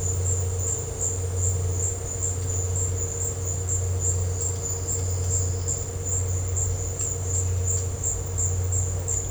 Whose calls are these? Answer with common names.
none